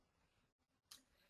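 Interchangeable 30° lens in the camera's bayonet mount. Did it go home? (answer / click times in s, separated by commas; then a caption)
released / 0.9 s. Someone grips the collar of the 30° lens on a SPECTRALIS ophthalmic imaging camera and twists it to the left to unlock it from the bayonet mount. After a quiet lull, a single sharp click sounds at 0.9 s, and the lens is released from the mount.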